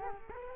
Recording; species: mosquito wingbeat signal from an infrared sensor; Culex quinquefasciatus